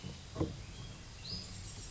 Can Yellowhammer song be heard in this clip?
no